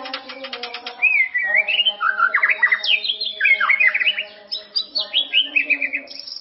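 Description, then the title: White-rumped shama song with a fast buzzy opening, then wavering slurred whistles rising and falling, ending in rhythmic repeated notes; steady low drone beneath. "murai batu"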